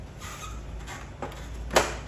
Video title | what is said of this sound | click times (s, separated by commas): LG 휘센 벽걸이에어컨 분해방법과 주의할점 ㅣ Decomposition Process for Cleaning LG Wall-mounted Air Conditioner | 렇게 탁 소리가 나면서 풀리는게 느껴지거든요게 | 1.8 s